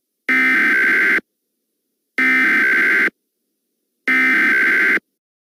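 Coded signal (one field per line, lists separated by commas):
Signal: Emergency Alert System (SAME) tones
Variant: header bursts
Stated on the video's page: Mock, simulated tornado warning alert, not a real broadcast.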